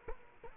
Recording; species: mosquito wingbeat signal from an infrared sensor; Culex quinquefasciatus